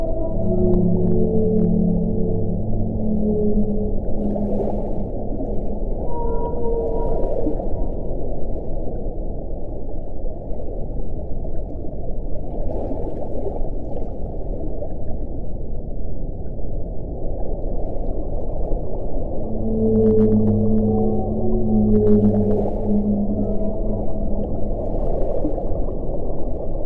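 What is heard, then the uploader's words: Whale calls sound through a steady, dense underwater rumble, with low, drawn-out moans and higher tonal cries in two clusters: one over the first seven seconds and another from about nineteen to twenty-four seconds. Soft clicks and faint gurgles drift through the quieter middle stretch. Relaxing Whale Sounds - Nature Sounds.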